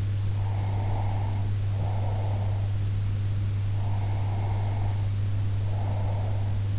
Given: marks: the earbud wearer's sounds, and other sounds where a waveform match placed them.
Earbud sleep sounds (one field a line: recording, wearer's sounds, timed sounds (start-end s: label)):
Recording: sounds in sleep by an in-ear microphone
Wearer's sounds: breath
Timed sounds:
0.32-2.75 s: breath
3.78-6.61 s: breath